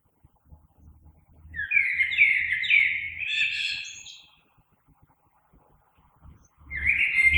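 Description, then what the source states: Common blackbird singing a long mellow warble with a scratchy high ending, then starting another phrase, over a low humming rumble in the background. Recorded 3 March 2020.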